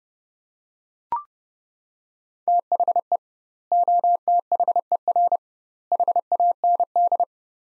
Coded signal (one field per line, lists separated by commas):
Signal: Morse code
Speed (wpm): 32 wpm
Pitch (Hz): 700 Hz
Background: none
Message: THE OTHER HAND